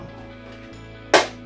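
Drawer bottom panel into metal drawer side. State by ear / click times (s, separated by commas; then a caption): seated / 1.1 s. A drawer bottom panel for an IKEA Maximera kitchen drawer is pushed into the openings on the metal drawer side until it latches. Over a low steady hum, one sharp click sounds at 1.1 seconds, and the bottom is seated in the side.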